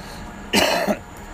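An adult man gives a single cough; he has had a cold for a couple of weeks.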